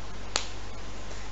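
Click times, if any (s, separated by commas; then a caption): 0.4 s. A cloth booster insert is fastened inside a washable cloth diaper, and its press stud snaps on with a single sharp click at 0.4 s against a low steady background. This is the second press stud, and it seats and clips on.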